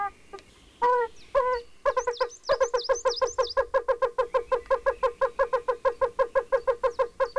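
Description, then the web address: Yellow-bellied toad calls: soft, hollow, fairly low notes that speed into a steady run, with high bird whistles early on. "Hangok Bombina variegata"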